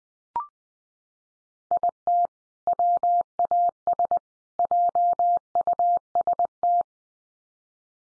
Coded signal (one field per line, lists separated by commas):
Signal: Morse code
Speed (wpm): 19 wpm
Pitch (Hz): 700 Hz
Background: none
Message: IT WAS JUST